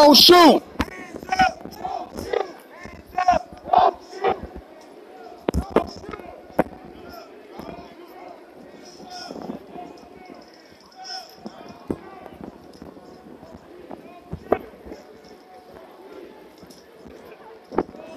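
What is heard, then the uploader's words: Protest in a downtown square: overlapping voices fill the scene, with a loud shout or call in the opening seconds and scattered louder outbursts after. Sharp clacks and thuds, like hooves on pavement, punctuate the steady crowd murmur throughout. Niagara Square Protest in Downtown Buffalo.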